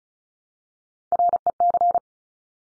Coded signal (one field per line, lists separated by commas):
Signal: Morse code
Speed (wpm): 36 wpm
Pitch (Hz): 700 Hz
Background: none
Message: REC